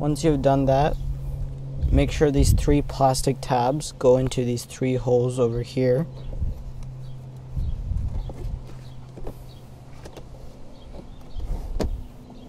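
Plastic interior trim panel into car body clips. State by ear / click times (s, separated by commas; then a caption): not seated / none. On the driver's side of a 2017+ Toyota Prius Prime, a plastic interior trim panel is handled during an HV battery fan filter replacement, with its three plastic tabs being lined up with three holes in the car body clips. Someone talks over a steady low hum, followed by light handling noises and a few faint ticks. Nothing has seated or clicked yet.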